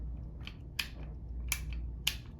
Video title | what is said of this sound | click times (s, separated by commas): CZ Scorpion Installation Video | and you have a good positive click | 0.8 s, 1.5 s, 2.1 s